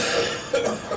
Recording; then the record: coughing mixed with background sound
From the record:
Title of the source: Cough Around the Clock!